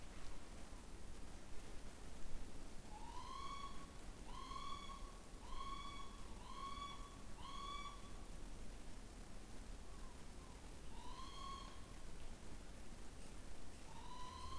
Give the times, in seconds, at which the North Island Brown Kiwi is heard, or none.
none